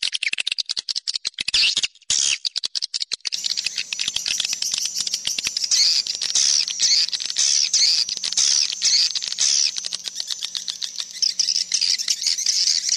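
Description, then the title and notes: Swiftlet sounds open with sharp rapid clicks and a short gap, then continuous high twittering with wavering notes, clicks continuing. Swiftlet sound used in swiftlet farming in Asia. "Swiflet Bird Sound. Farming Swiflet Bird asia sound"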